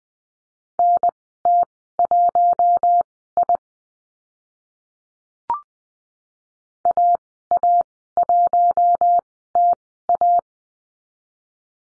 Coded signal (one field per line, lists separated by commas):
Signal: Morse code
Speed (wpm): 20 wpm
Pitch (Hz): 700 Hz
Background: none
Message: NT1I AA1TA